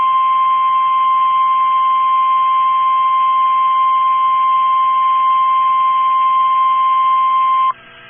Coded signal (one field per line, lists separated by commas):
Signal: Emergency Alert System (SAME) tones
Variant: 1050 Hz attention tone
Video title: MULTIPLE DAY ALERTS 3 | EAS Alerts from 5/1/25 - 5/3/25